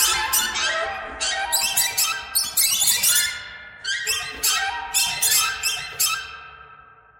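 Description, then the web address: Bird chirps in quick squeaky runs, grouped into bursts that fade out toward the end. "soundfactory birds"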